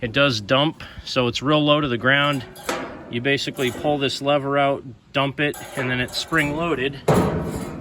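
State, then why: Not seated. Someone talks about a small steel tow-behind dump cart, an attachment for a 1969 Sears Suburban 12, whose spring-loaded bed is dumped by pulling out a lever. Speech fills the clip, with a brief burst of broadband noise near 7.1 seconds. The bed has not yet snapped back into its locked position on the cart frame, so nothing has seated or clicked yet.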